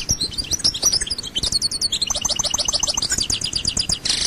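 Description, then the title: European goldfinch song, dense and rapid, tumbling high twitters and sweeping notes crowded together without pause. "Chant Chardonneret"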